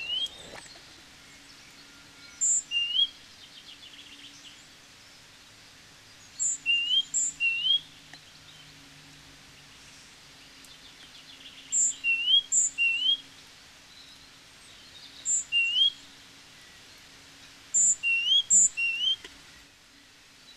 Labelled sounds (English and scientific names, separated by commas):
Great Tit (Parus major) song